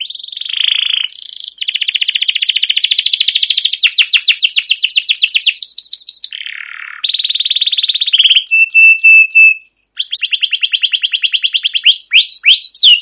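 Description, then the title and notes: Canary singing extended rolling trills with buzzy passages, then a few clear whistled notes, then more rapid trilling. Used as a lure (pancingan) for other canaries; song described as chirping 'cuit cuit', rolling (ngerol) and long-running (gacor panjang). "CUIT CUIT NGEROL LANGSUNG GACOR PANJANG Kenari Ini AMPUH Utk Pancingan KENAR. burung kenari"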